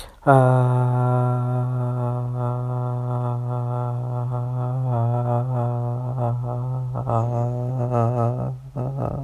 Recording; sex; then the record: sustained vowel /a/; male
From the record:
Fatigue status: no fatigue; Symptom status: asymptomatic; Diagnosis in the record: COVID-19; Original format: m4a